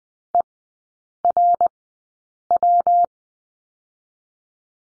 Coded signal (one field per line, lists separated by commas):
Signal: Morse code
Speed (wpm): 20 wpm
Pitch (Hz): 700 Hz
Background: none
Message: ERW